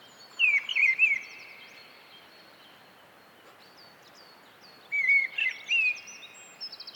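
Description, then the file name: Mistle thrush song: two loud, fluted warbling phrases about four and a half seconds apart, with high-pitched twitters of other birds in the background. "British Library - Mistle Thrush Turdus viscivorus"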